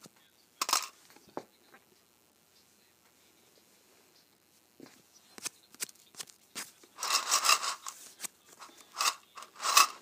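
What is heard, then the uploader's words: Paperclips and safety pins click, scrape and rattle against each other in short, bright bursts. After an early clatter near the first second, a long quiet stretch follows. From about five seconds the handling turns busier, with dense rasping scrapes and sharp metallic ticks. ASMR Paperclips and Safety Pins.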